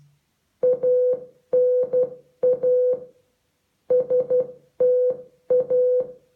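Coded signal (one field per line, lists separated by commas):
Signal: Morse code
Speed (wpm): 12 wpm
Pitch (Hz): 500 Hz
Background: music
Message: ANASTA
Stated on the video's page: Morse code generated by an Amazon Echo Alexa skill as a teaching aid.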